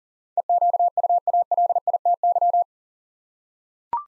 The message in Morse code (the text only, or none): EQUALITY